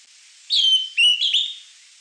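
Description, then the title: Greenish Schiffornis song: two high whistled notes over a faint steady hiss. "LuckyPassaro Completos2Sama. Greenish Schiffornis (Schiffornis virescens)"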